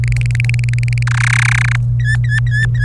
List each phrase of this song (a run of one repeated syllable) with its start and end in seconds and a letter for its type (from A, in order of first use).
0.04-1.03 A, 1.07-1.76 B, 2.00-2.84 C